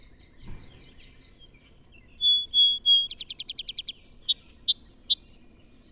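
Song Sparrow song: a faint thump, then three clear whistled notes, a rapid buzzy trill, and a final run of high sharp notes.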